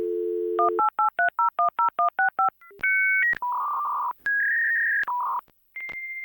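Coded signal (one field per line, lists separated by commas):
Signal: dial-up modem handshake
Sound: dial tone, 11 quick touch-tone digits, then answering tones and harsh modem screeches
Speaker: I'm going to use my modem for this one as an example. So I'm going to double click on the modem and select this. The modem sound effect is really long. How long is it? It's like 18 seconds long.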